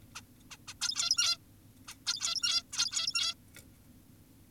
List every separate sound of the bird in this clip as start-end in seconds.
0.15-0.22, 0.51-0.57, 0.68-0.74, 0.82-1.38, 1.88-1.94, 2.06-2.63, 2.73-3.34